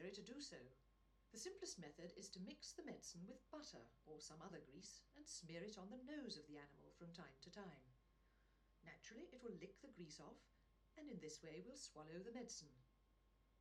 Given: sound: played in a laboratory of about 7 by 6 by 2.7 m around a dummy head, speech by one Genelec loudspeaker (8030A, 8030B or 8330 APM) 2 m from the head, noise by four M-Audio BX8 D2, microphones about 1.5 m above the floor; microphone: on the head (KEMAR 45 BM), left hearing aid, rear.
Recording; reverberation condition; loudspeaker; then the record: female speech in English; low; 30 degrees to the left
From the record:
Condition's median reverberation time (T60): about 310 ms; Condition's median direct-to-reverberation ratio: about 3.5 dB